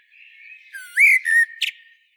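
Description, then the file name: Common blackbird song, one short phrase: soft notes leading into two loud fluted whistles, then a brief high scratchy note. "Turdus merula"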